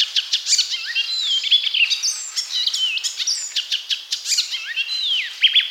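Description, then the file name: Icterine warbler song, a fast, varied run of high chattering notes, squeaky slurs and short whistles, pouring out almost without pause. "Zelyonaya peresmeshka"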